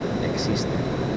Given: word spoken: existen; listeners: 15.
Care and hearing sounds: one Spanish word in noise, from a listening test; speech-shaped noise; -6.6 dB; 3 of 15; 12 of 15; 0.77 s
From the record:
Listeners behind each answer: 12, 3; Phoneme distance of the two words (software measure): 7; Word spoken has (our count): 3 syllables, 8 phonemes, stress on syllable 2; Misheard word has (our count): 3 syllables, 7 phonemes, stress on syllable 2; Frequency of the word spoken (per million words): 128.69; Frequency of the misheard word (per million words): 182.08

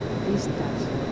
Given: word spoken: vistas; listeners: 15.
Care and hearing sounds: one Spanish word in noise, from a listening test; speech-shaped noise; -5.1 dB; 3 of 15; 6 of 15; 0.72 s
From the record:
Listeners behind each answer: 6, 5, 3, 1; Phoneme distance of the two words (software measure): 10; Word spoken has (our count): 2 syllables, 6 phonemes, stress on syllable 1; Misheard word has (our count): 2 syllables, 6 phonemes, stress on syllable 1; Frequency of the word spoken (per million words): 18.07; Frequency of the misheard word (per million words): 14.04

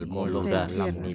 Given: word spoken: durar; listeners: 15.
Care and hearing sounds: one Spanish word in noise, from a listening test; four-talker babble; -2.2 dB; 0 of 15; 9 of 15; 0.75 s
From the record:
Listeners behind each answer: 9, 2, 1, 1, 1, 1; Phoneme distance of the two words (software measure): 44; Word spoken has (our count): 2 syllables, 5 phonemes, stress on syllable 2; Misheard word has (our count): 3 syllables, 7 phonemes, stress on syllable 3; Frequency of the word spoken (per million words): 8.54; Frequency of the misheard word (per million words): 33.32

